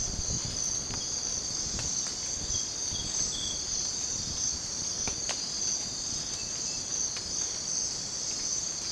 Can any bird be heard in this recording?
no